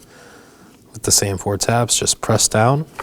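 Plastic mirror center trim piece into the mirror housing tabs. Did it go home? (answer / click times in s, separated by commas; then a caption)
no / none. On a 2018–2024 Chevrolet Equinox side mirror, the loose plastic center trim piece is being handled for pressing down onto its four tabs in the mirror housing while someone talks. Speech starts about 1.0 s in after a quiet opening. Nothing has seated or clicked yet.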